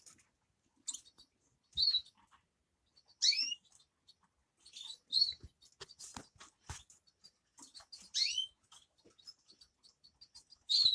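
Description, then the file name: Grass parakeet calling with sharp high chirps and rising squeaks, spaced by short pauses, with soft clicks and rustling between. "travyanye popugaiciki"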